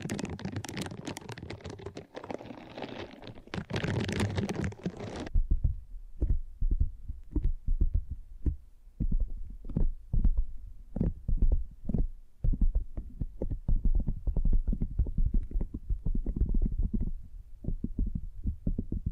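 Ear scratching, opening with about five seconds of dense bright rustling, then low muffled thumps and scrapes in quick irregular bursts through the rest.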